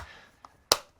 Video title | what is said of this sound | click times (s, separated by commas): "NEW" Barra 1858 | and it snaps in just like that. | 0.7 s